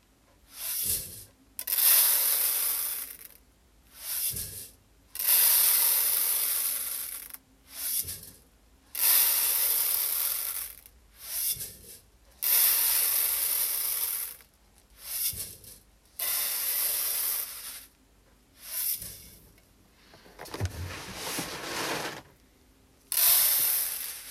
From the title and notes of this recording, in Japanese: 環境音 お米出荷準備(点検)。モミすり後のお米(玄米)を、選別機にかけ、モミの残りや草の実など最終を手作業でチェック。